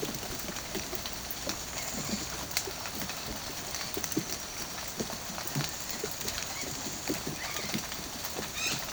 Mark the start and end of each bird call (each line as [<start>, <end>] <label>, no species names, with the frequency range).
[8.57, 8.77] bird call (1.6-7.6 kHz)